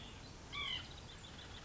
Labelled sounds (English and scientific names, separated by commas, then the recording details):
White-breasted Nuthatch (Sitta carolinensis)
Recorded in Sonoma County, California